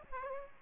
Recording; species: mosquito wingbeat signal from an infrared sensor; Aedes aegypti